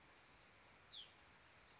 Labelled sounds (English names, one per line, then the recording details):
Hutton's Vireo
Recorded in Sonoma County, California